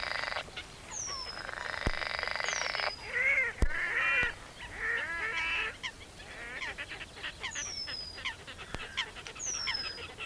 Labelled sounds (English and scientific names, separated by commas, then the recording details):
Eurasian Penduline Tit (Remiz pendulinus) call
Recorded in the wild
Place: Karower Teiche, Naturpark Barnim, Berlin, DE
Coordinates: 52.623, 13.46
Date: 1992-06-14 10:12
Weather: sonnig (heiter), 19-22°C
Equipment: Nagra SN, Mikrofon AKG CK 8, Kopie Tesla B 116
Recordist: Tembrock, Günter